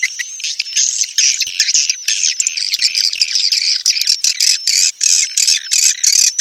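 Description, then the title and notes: Swiftlet giving shrill, rapid chirps and trills, several notes per second running together into a busy high-pitched chatter. Swiftlet farming sound, Asia. "Swiflet Bird Sound. Farming Swiflet Bird asia sound"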